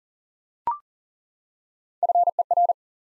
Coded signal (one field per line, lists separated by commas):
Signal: Morse code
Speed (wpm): 40 wpm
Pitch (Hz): 700 Hz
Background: none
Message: FER